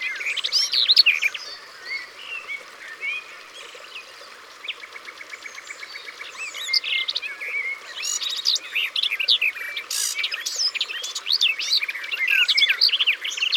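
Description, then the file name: Garden warbler song: a loud opening warble, then a quieter buzzy trill, then renewed rich, rapid warbling to the end. Sung by the water's edge. "Fauvette des jardins Au bord de leau"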